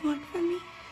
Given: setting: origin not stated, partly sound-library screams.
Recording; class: one-second piece from a danger detection set; woman in danger